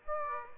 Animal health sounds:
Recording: mosquito wingbeat signal from an infrared sensor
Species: Aedes aegypti

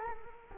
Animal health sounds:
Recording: mosquito wingbeat signal from an infrared sensor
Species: Culex quinquefasciatus

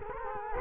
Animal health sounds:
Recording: mosquito wingbeat signal from an infrared sensor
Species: Culex quinquefasciatus

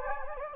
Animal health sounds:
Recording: mosquito wingbeat signal from an infrared sensor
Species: Anopheles gambiae

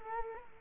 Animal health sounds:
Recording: mosquito wingbeat signal from an infrared sensor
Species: Culex quinquefasciatus

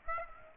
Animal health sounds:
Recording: mosquito wingbeat signal from an infrared sensor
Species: Aedes aegypti

